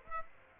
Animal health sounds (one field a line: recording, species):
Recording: mosquito wingbeat signal from an infrared sensor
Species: Aedes aegypti